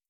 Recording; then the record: hydrophone in a shrimp aquaculture tank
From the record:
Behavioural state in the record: starved